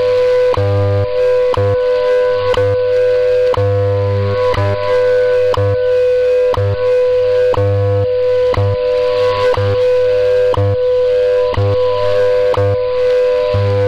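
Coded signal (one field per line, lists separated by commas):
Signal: radio time signal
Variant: WWV/WWVH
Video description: WWV + WWVH 10MHz, -65dBFS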